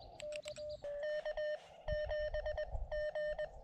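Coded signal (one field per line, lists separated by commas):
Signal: Morse code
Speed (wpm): 20 wpm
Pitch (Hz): 600 Hz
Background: none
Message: K K7G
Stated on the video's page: Morse from SOTA summit activations in Arizona's White Mountains.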